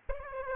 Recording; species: mosquito wingbeat signal from an infrared sensor; Aedes aegypti